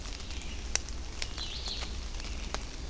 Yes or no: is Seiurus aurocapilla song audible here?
no